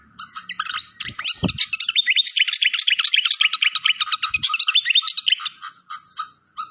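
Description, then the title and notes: Malaysian pied fantail song: steady, dense stream of squeaky chirps and twitters, with a couple of brief low thumps. Masteran (training recording) of clear-voiced song. "Masteran Sikatan Kipas Suara Jernih Dan Suara Gemericik Air. Suara Burung Sikatan Londo"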